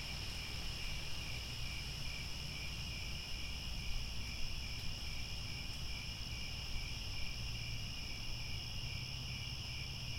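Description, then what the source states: Cricket chorus giving an unbroken high-pitched trill, with constant low rumble underneath. Chorus of crickets chirping at twilight as the sun sets, with stars overhead.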